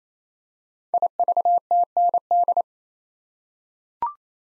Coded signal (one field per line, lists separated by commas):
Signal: Morse code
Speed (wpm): 27 wpm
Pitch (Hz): 700 Hz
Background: none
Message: IVTND